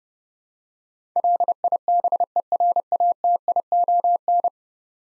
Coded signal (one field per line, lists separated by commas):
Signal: Morse code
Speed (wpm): 30 wpm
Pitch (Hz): 700 Hz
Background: none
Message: LIBERATION